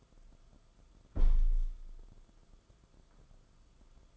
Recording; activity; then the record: daily activity, microphone in the room; close window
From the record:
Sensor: 5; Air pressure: 994.4 hPa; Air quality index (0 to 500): 186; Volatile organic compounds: 1000 ppm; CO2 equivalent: 5467 ppm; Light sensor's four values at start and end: 11/28/11/13 and 11/27/11/12